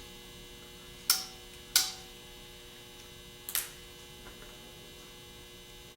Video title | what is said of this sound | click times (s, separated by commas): How to rebuild a 10SI alternator | and as you pull this pin out you should be able to hear the brushes click down into place | 1.1 s, 1.8 s